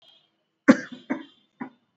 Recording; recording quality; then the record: heavy voluntary cough; poor, much background noise or distortion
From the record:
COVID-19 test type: RT-PCR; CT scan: not taken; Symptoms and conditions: cough, cold, sore throat, fever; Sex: male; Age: 26 years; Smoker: no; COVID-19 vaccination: both doses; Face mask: worn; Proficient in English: yes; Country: India